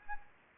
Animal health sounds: mosquito wingbeat signal from an infrared sensor; Anopheles arabiensis

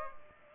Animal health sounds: mosquito wingbeat signal from an infrared sensor; Culex pipiens

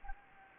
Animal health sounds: mosquito wingbeat signal from an infrared sensor; Anopheles gambiae

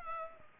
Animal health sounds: mosquito wingbeat signal from an infrared sensor; Culex pipiens

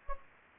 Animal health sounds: mosquito wingbeat signal from an infrared sensor; Anopheles gambiae

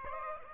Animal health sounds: mosquito wingbeat signal from an infrared sensor; Aedes aegypti

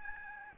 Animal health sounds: mosquito wingbeat signal from an infrared sensor; Aedes albopictus

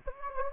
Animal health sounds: mosquito wingbeat signal from an infrared sensor; Anopheles gambiae

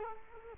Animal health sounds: mosquito wingbeat signal from an infrared sensor; Culex quinquefasciatus

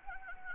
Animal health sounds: mosquito wingbeat signal from an infrared sensor; Anopheles gambiae

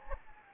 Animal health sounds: mosquito wingbeat signal from an infrared sensor; Anopheles gambiae

